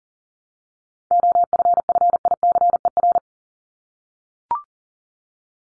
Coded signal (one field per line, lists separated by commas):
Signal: Morse code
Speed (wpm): 40 wpm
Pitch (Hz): 700 Hz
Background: none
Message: OFFICER